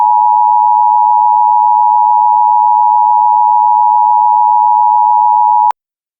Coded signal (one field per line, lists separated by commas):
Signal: Emergency Alert System (SAME) tones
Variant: 853 and 960 Hz attention tone